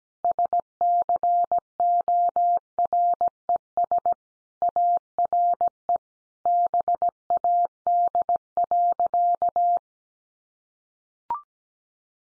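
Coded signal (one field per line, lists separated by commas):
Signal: Morse code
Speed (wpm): 17 wpm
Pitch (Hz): 700 Hz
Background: none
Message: SCORES ARE BAD.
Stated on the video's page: Morse code head-copy practice of easy phrases at 17 wpm.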